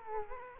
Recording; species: mosquito wingbeat signal from an infrared sensor; Culex quinquefasciatus